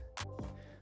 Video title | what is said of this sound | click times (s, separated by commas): HP DeskJet 2720e: How to Change/Replace Ink Cartridges | hopefully you heard that little click as it goes back in obviously the process is exactly the same for the black cartridge | 0.2 s